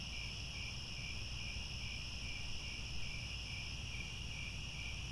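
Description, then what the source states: Cricket chorus, a steady high ringing trill that wavers slightly in loudness, set against a low background rumble. Chorus of crickets chirping at twilight as the sun sets, with stars appearing overhead.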